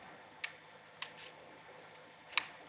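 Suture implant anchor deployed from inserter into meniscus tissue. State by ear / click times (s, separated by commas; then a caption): seated / 0.4 s, 1.0 s, 2.4 s. A FiberStitch 1.5 all-suture meniscal implant inserter is advanced through tissue and deploys its suture implant anchors into the meniscus. Three short, sharp clicks sound at 0.4 s, 1.0 s and 2.4 s, with the last one loudest, though it is unclear which two are the deployment clicks. The anchors are delivered and seated.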